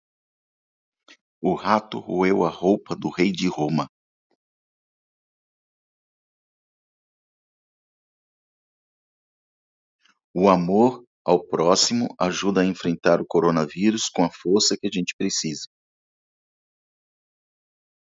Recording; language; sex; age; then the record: spoken sentence; Brazilian Portuguese; male; 40 to 49 years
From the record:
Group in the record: control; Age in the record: 48 years